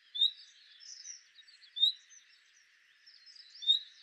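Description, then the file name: Common nightingale calls: short bright whistled notes repeated about every one and a half to two seconds, over soft chattering from other birds and a steady faint hum. "Luscinia megarhynchos"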